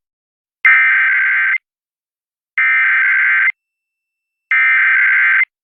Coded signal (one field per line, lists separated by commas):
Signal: Emergency Alert System (SAME) tones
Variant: header bursts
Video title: Los Angeles Required Monthly Test on KIIS-FM Los Angeles, CA (102.7 KIIS-FM) (10/25/22) (EAS #54)